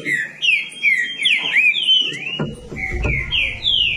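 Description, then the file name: Green-winged saltator singing rich whistled notes that rise and fall in a rapid run of phrases; dull low knocks join in over the second half. "canto do trinca ferro"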